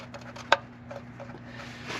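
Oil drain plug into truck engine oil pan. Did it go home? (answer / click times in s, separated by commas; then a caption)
yes / 0.5 s. A twist-lock oil drain plug, wiped with paper towel after the oil was drained, is pushed back into the oil pan of an F150 truck engine and twisted until it snaps into its locked position. Faint taps and rustling sit over a steady low hum, then one sharp, loud snap rings out at 0.5 s. The drain plug is seated and locked in place.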